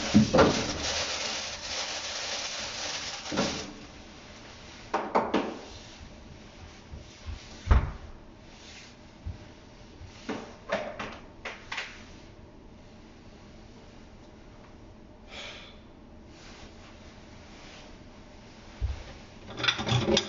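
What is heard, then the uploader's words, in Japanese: Kitchen noises while preparing a sake-lees pickling bed: irregular clatters, knocks and scrapes. The busiest handling is in the first few seconds, then sharp bumps come every second or two over a quiet background hush, with a brief brighter scrape around fifteen seconds. キッチンでの物音をお送りします。主に粕漬けを作るための粕床を作っています。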